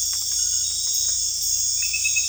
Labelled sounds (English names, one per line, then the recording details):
none
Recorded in dense forest near Puerto Asís, Putumayo, Colombia, on 18 December 2024 at 19:30
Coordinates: 0.484, -76.317
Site G026